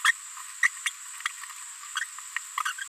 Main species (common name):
Green-rumped Parrotlet